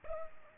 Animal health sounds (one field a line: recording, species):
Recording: mosquito wingbeat signal from an infrared sensor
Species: Culex pipiens